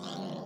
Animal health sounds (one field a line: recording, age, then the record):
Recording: pig call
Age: piglet (1 to 25 days)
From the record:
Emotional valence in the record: negative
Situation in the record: long isolation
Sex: female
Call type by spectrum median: low-frequency call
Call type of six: low-frequency modulated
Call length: 0.46 s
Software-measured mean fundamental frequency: 55 Hz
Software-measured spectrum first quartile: 282 Hz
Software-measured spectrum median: 667 Hz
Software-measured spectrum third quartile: 2050 Hz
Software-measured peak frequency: 191 Hz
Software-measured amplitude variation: 87 dB a second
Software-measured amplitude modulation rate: 27.4 a second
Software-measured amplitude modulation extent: 3.2 dB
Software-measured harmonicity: 1.8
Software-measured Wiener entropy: -1.88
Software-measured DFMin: 1113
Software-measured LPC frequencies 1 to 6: 594, 3154, 3540, 4250, 5115, 5624 Hz